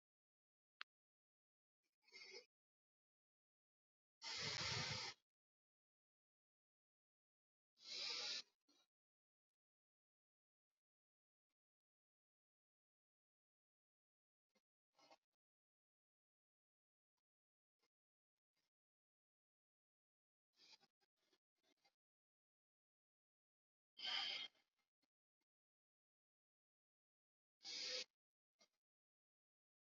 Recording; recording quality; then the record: deep breathing; excellent, no background noise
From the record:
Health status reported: healthy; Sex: male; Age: 33 years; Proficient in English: yes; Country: India